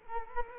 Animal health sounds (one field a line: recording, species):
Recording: mosquito wingbeat signal from an infrared sensor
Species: Culex quinquefasciatus